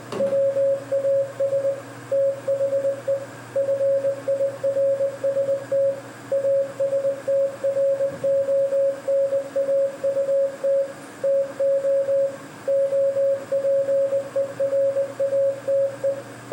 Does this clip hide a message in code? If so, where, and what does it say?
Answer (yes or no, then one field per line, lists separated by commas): yes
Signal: Morse code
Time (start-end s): 0.2-16.1 s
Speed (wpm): 19 wpm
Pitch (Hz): 550 Hz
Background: none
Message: WAS THE FIRST ASTRONAUT TO OPERATE